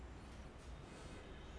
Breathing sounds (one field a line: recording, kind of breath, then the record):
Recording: one breath in and out by a microphone near the nose and mouth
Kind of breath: normal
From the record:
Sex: male